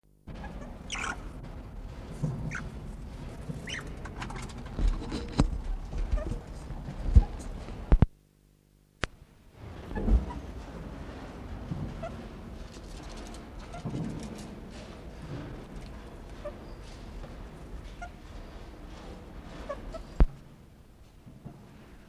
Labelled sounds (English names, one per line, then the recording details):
Broad-striped Malagasy Mongoose call
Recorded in captivity
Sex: pair
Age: adult
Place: Zoo Berlin, Berlin, DE
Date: 1960-01-16 15:00
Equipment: Reporter (Vollspur)
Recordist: Tembrock, Günter
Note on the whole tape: Zebramanguste. Paar: Stimmfühlungslaut, Kurzlaute, z. T. beim Fressen. Abstand ca. 30-50 cm